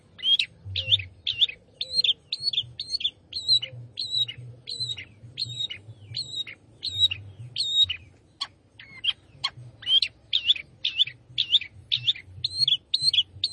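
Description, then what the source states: Long-tailed shrike song of rapid, repeated high chattering phrases. A run of sharp separate chips comes midway before the chatter resumes. Singing lively, described as gacor.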